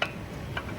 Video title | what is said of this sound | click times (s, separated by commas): Toms Bronco Front Disc Brake Conversion Dana 30 - 1966 Ford Bronco Restoration Project | all right that's snapped in | 0.0 s, 0.6 s